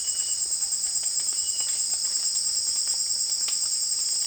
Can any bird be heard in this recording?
no